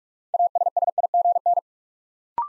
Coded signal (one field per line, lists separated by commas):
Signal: Morse code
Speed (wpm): 44 wpm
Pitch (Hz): 700 Hz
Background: none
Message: ASSIGN